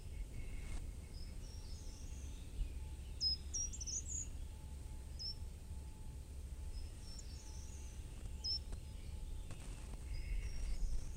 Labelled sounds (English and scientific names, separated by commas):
Short-toed Treecreeper (Certhia brachydactyla)